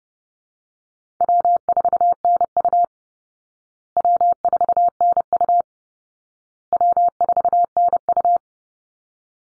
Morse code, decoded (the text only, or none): W4NU W4NU W4NU